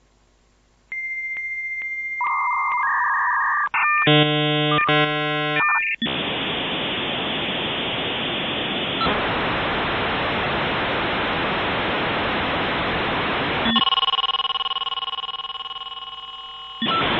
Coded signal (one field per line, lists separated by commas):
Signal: dial-up modem handshake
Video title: Modem sound effect